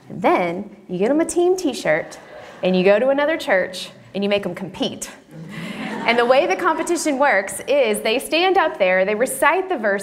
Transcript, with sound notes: Then, you get them a team t-shirt, and you go to another church, and you make them compete. (laughter) And the way the competition works is: They stand up there. They recite the verses.